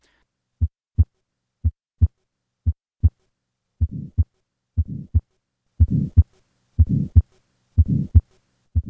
Tetralogy of Fallot. The combined murmurs of subpulmonic stenosis and pulmonic insufficiency.